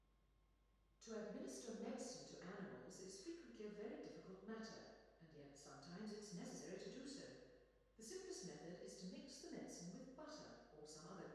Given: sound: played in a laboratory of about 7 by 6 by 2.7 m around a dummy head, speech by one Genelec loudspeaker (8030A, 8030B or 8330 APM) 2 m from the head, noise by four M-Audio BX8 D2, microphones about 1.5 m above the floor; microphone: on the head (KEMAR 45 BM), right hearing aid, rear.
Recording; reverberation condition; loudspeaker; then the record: female speech in English; high; 30 degrees to the left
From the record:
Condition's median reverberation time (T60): about 1300 ms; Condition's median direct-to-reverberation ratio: about -4.0 dB